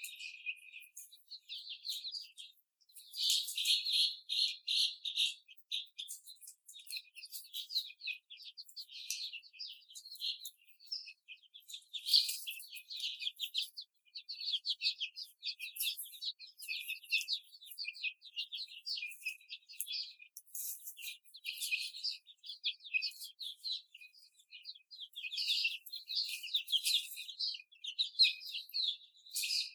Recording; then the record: young laying hens in a cage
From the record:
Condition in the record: before the stressor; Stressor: simulated dog barking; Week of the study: 4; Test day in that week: 2